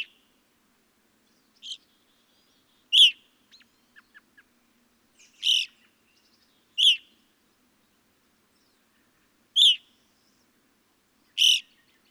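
Evening grosbeak giving loud, clear, descending call notes every few seconds, with a few soft, faint chips in between.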